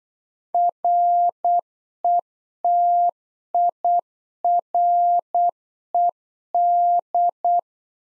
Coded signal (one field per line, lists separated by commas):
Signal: Morse code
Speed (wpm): 8 wpm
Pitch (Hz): 700 Hz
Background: none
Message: RETIRED